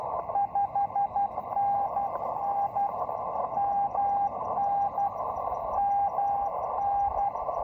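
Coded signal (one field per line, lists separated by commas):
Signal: Morse code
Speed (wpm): 12 wpm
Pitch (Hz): 800 Hz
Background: radio noise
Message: 5NN MN MN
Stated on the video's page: First CW Parks on the Air activation at the Marconi station site, Cape Cod, using a Kenwood TS-440SAT and an MFJ trainer straight key.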